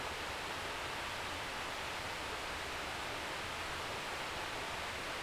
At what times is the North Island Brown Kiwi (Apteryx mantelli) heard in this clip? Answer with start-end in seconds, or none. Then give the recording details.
none. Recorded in New Zealand on 11 December 2011. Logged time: 00:43. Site DD66